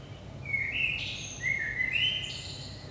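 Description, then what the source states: Common blackbird delivering a flowing whistled phrase of several mellow notes, rising and falling, topped by faint high squeaks, over low background hum. Blackbird singing early morning, 5 am, Saint-Gilles, Belgium; recorded with DPA 4060 microphones in AB position into a Zoom F3.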